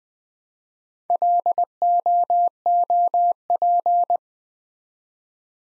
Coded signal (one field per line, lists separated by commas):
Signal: Morse code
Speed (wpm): 20 wpm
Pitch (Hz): 700 Hz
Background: none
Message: LOOP